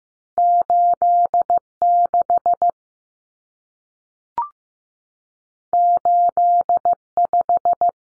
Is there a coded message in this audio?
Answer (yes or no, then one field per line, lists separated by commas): yes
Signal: Morse code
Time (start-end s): 0.4-7.9 s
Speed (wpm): 15 wpm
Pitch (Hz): 700 Hz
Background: none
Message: 86 85